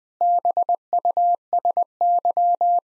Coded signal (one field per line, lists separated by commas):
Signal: Morse code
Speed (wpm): 21 wpm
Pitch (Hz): 700 Hz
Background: none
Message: BUSY